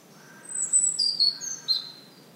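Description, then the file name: European robin delivering one brief phrase of thin, very high whistles and trills lasting about a second, with only faint background hiss. "Erithacus rubecula"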